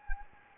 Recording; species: mosquito wingbeat signal from an infrared sensor; Anopheles gambiae